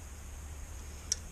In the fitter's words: they snap right in no issues these actually have notches